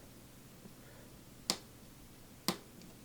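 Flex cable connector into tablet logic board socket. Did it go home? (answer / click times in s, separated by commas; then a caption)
yes / 1.5 s, 2.5 s. A flex ribbon cable connector is pressed into a tablet logic board socket, giving two sharp snaps at 1.5 s and 2.5 s, with a faint tick after the second. The connector seats home and is confirmed done.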